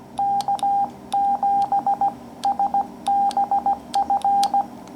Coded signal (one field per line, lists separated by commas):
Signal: Morse code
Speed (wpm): 17 wpm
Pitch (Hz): 800 Hz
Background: none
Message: K7SBF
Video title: Morse Code Paddle Project